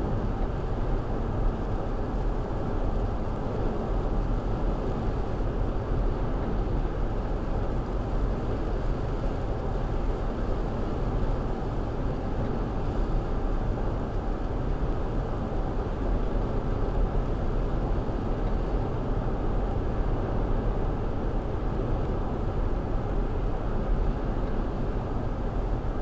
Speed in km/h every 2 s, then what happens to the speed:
109, 111, 111, 111, 109, 111, 109, 109, 111, 111, 109, 108, 108.
0-26 steady at about 109.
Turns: none.